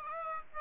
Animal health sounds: mosquito wingbeat signal from an infrared sensor; Aedes aegypti

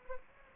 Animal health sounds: mosquito wingbeat signal from an infrared sensor; Anopheles arabiensis

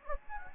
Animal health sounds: mosquito wingbeat signal from an infrared sensor; Anopheles gambiae

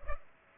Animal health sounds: mosquito wingbeat signal from an infrared sensor; Culex pipiens

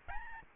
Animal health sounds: mosquito wingbeat signal from an infrared sensor; Aedes albopictus

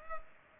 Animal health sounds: mosquito wingbeat signal from an infrared sensor; Culex pipiens

